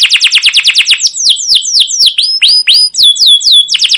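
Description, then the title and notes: Canary singing quick rhythmic chirps that turn into slower, drawn-out downward-swooping whistles, each note sharp and high. Canary song with emotional "cuit cuit" chirps, used as a lure to stimulate other canaries and as a master tutor for young canaries learning sounds. "CUIT CUIT NGEROL LANGSUNG GACOR PANJANG Kenari Ini AMPUH Utk Pancingan KENAR. PANCINGAN Kenari GACOR PANJANG Cuit CUIT EMOSI ini AMPUH utk MASTERAN Kenari PAUD belajar BUNYI. burung kenari"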